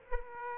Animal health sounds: mosquito wingbeat signal from an infrared sensor; Aedes aegypti

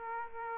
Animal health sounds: mosquito wingbeat signal from an infrared sensor; Aedes aegypti

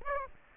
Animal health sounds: mosquito wingbeat signal from an infrared sensor; Aedes aegypti

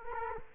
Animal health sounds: mosquito wingbeat signal from an infrared sensor; Culex quinquefasciatus

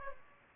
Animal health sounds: mosquito wingbeat signal from an infrared sensor; Aedes aegypti

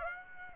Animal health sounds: mosquito wingbeat signal from an infrared sensor; Aedes aegypti

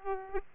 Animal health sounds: mosquito wingbeat signal from an infrared sensor; Aedes aegypti

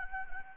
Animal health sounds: mosquito wingbeat signal from an infrared sensor; Anopheles gambiae

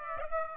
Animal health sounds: mosquito wingbeat signal from an infrared sensor; Aedes aegypti

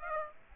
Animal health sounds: mosquito wingbeat signal from an infrared sensor; Aedes aegypti

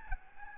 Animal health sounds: mosquito wingbeat signal from an infrared sensor; Aedes albopictus

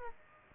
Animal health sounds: mosquito wingbeat signal from an infrared sensor; Aedes aegypti

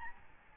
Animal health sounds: mosquito wingbeat signal from an infrared sensor; Aedes albopictus

